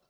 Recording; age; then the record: pig call; piglet (1 to 25 days)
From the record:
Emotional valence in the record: positive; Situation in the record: short reunion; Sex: male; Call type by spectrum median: high-frequency call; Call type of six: low-frequency tonal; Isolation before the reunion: 3 minutes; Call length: 0.10 s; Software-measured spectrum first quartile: 628 Hz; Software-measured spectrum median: 2418 Hz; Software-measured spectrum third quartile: 8318 Hz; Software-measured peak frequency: 573 Hz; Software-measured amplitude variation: 56 dB a second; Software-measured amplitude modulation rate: 5.1 a second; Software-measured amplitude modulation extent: 11.1 dB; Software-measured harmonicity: 2.2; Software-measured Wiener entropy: -1.88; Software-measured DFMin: 697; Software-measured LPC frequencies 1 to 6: 618, 1309, 2742, 3994, 4539, 5399 Hz